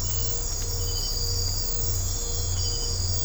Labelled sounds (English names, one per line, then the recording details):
none
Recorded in secondary vegetation near Puerto Asís, Putumayo, Colombia, on 20 December 2024 at 02:00
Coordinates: 0.502, -76.326
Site G028